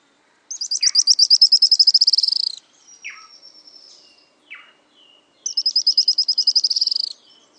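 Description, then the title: Araucaria tit-spinetail giving two dry, fast high trills of about two seconds each, separated by short descending notes and a few thin whistles. "LuckyPassaro Completos2Sama. Araucaria Tit-Spinetail (Leptasthenura setaria)"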